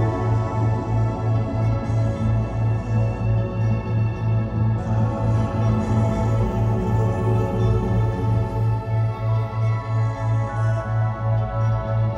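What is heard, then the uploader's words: A delta wave binaural beat: a low, steady hum throbs in even pulses about three to four times a second, with no break. Above it, a layered sustained drone of many held tones shimmers faintly, unchanging throughout. This Sleep Song is a duet between a Delta Wave binaural beat, known to enhance sleep, and the most diaphanous of voices.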